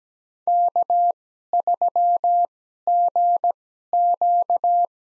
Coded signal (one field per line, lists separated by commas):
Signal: Morse code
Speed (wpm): 17 wpm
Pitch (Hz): 700 Hz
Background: none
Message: K3GQ